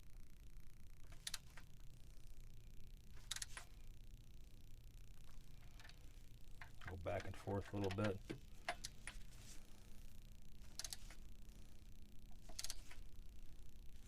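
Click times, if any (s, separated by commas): 10.8 s, 12.6 s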